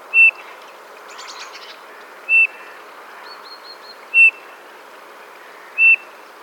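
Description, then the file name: Eurasian bullfinch calling with mellow piping notes, four spaced roughly two seconds apart, while another small bird adds brief high trills and a short stuttered series. "Pyrrhula pyrrhula"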